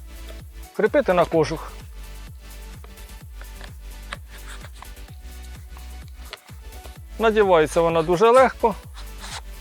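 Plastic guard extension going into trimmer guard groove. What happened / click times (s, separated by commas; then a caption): The plastic part is being handled but has not yet locked into place / none. A plastic guard extension is being fitted onto the protective guard of a Grand АТГ-21 2-in-1 cordless trimmer, to be slid into the guard's groove until it locks. Someone talks over background music, with faint handling taps and light plastic ticks in between. Nothing has seated or clicked yet.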